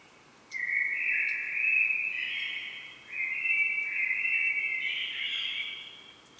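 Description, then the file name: Common blackbird song: two long, loud warbling phrases back to back, fluted notes rising into higher twittery passages. "Turdus merula"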